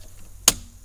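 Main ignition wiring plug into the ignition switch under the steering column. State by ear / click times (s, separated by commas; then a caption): seated / 0.5 s. On a 2015-2016 Ford F150, the main plastic ignition wiring plug is pushed back into the ignition switch under the steering column while the switch is supported, during a plug-and-play remote start installation. After a quiet stretch, a single sharp, loud click is heard at 0.5 s. The plug locks into place, fully seated.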